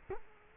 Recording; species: mosquito wingbeat signal from an infrared sensor; Culex quinquefasciatus